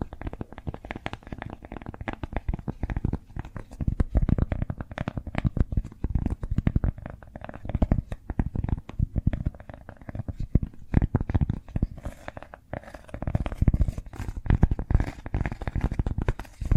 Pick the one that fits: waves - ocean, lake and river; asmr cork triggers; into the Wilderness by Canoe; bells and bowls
asmr cork triggers